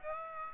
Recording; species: mosquito wingbeat signal from an infrared sensor; Aedes aegypti